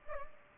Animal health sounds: mosquito wingbeat signal from an infrared sensor; Culex pipiens

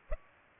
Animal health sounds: mosquito wingbeat signal from an infrared sensor; Culex pipiens

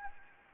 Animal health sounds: mosquito wingbeat signal from an infrared sensor; Anopheles gambiae

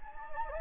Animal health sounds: mosquito wingbeat signal from an infrared sensor; Anopheles gambiae

